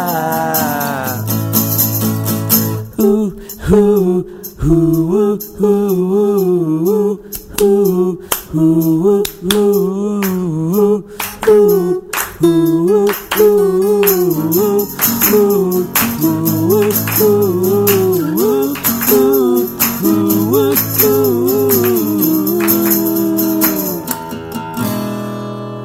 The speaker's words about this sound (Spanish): ¿Estuvimos bien con las palmas o cualquier? Hicimos cualquier cosa. Con nuestro, las palmas. Nuestro acompañamiento en palmas. No, ni se enteró. Estábamos a ritmo.